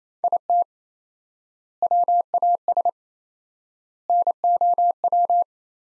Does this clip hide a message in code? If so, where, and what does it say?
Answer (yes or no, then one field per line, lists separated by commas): yes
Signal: Morse code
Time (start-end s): 0.2-5.4 s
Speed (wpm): 28 wpm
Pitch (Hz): 700 Hz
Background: none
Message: IT WAS NOW